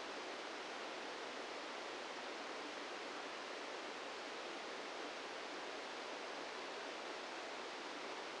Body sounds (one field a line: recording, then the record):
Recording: brain microelectrode recording played as sound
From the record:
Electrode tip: outside the subthalamic nucleus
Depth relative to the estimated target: 3 mm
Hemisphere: right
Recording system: NeuroSet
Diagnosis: Parkinson's disease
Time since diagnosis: 17 years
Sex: male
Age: 64 years